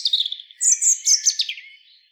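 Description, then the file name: European robin song phrase: a fluttering trill of high notes followed by several loud, piercing, tinkling notes that descend and trail off into a thin whistle. "Erithacus rubecula"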